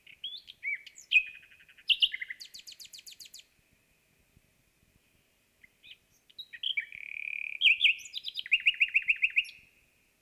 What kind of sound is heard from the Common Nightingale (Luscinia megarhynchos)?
song